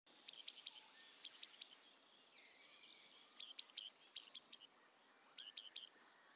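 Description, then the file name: Eurasian blue tit giving high, sharp 'tsee-tsee-tsee' triplets in short bursts, separated by brief pauses and faint soft notes. "Cyanistes caeruleus"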